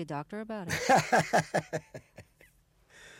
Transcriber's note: laughs